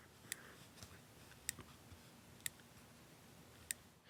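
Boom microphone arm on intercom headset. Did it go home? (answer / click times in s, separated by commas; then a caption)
yes / 0.3 s, 1.5 s, 2.5 s, 3.7 s. The plastic boom microphone arm of a Hollyland Mars T1000 wireless intercom headset is swung down and back up close to a microphone, clicking into its detent at 0.3, 1.5, 2.5 and 3.7 seconds. Each sharp, bright click switches the headset mic on or mutes it, with fainter softer ticks between them over a low, steady background hiss.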